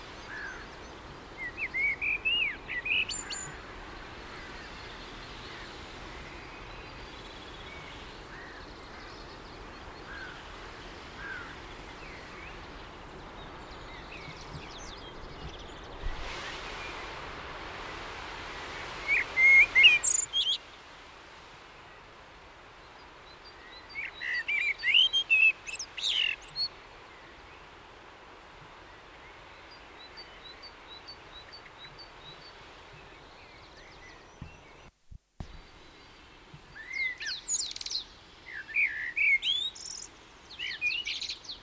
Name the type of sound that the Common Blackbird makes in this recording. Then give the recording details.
song. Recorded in the wild. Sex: male. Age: adult. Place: Garmisch-Partenkirchen, Bayern, DE. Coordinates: 47.4928, 11.0769. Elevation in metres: 706. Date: 1968-04-21. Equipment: Nagra. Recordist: Tretzel, Erwin